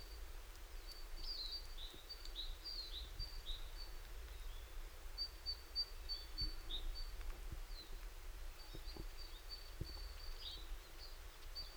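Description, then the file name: Great tit calling with a rapid series of high, thin, slurred notes, in clusters throughout, with soft clicks and low rumble behind. "Parus major"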